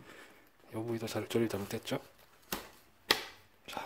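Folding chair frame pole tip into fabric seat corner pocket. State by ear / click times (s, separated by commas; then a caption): seated / 3.1 s. Someone talks, then the aluminium pole end of a Helinox Ground Chair's folding frame is pressed into the fabric seat corner pocket to correct another wrongly assembled corner. A softer knock comes at 2.5 s, then the pole tip seats with a loud, sharp snap at 3.1 s and is firmly fastened.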